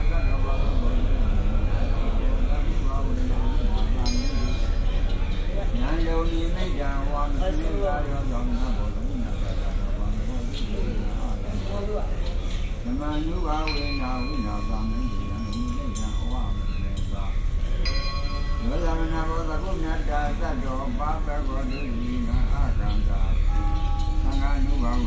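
At Shwedagon Pagoda in Yangon, voices talk continuously over a steady low rumble, with occasional brief high ringing tones cutting through.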